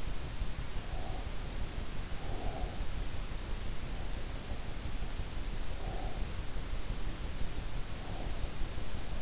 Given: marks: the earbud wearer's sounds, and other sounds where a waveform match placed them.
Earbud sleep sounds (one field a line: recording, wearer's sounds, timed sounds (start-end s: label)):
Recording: sounds in sleep by an in-ear microphone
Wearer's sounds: breath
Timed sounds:
0.83-2.94 s: breath
5.80-6.53 s: breath